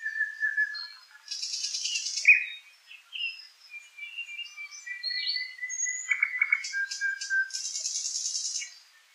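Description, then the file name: Nightingale song with a low sustained whistle, bursts of dense high buzzy notes, quick chirps and a thin drawn-out whistle, ending in another harsh high buzz. "solovei"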